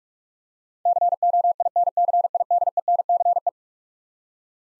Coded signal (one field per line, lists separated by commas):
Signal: Morse code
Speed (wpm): 46 wpm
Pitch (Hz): 700 Hz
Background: none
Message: COINCIDENCE